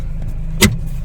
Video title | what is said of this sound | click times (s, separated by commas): POV: Introducing Hyundai Tucson Full Review Inside & Outside! | and you can see it snaps back in place there | 0.6 s